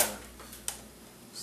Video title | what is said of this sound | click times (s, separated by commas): Cleaning my ps3 fatt | just have to kind of wiggle it till it snaps into place | 0.7 s